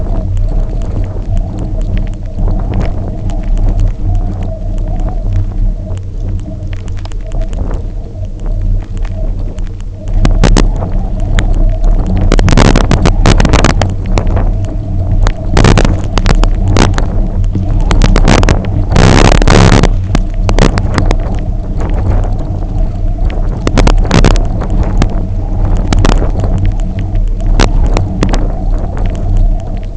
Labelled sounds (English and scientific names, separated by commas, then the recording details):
none
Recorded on Arctic tundra, site UTQI-0, on 27 June 2018
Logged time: 00:00